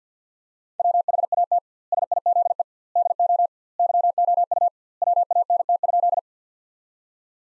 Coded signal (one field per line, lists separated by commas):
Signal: Morse code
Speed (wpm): 45 wpm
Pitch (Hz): 700 Hz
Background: none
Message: WHAT SIZE DO YOU WANT?